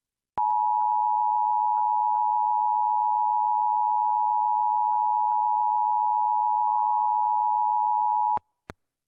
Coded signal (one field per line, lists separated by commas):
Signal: Emergency Alert System (SAME) tones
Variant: 853 and 960 Hz attention tone